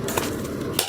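A stock CPU cooler fan's push pins are pressed down into the motherboard mounting holes, each corner locking automatically under the pressure. Sharp clicks are heard at 0.2 s and 0.8 s as the pins lock in, and someone talks. The push pins are seated.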